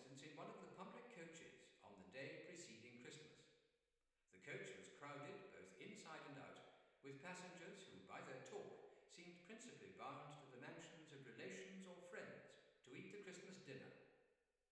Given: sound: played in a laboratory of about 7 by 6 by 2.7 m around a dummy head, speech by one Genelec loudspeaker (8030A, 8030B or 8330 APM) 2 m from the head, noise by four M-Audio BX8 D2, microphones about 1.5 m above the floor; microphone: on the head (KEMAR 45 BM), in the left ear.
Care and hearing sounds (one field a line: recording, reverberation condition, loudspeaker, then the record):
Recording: male speech in English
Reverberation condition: high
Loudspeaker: 120 degrees to the left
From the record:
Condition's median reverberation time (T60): about 1300 ms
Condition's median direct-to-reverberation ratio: about -4.0 dB